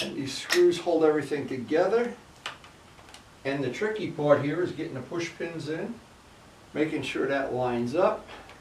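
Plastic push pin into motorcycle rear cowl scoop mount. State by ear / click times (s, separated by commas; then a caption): not seated / none. Someone talks while handling a plastic push pin at the screened rear seat cowl scoop of a 2020 Yamaha MT-09 motorcycle, lining it up with its mounting hole. A few faint sharp handling ticks sound between phrases. Nothing has seated or clicked yet.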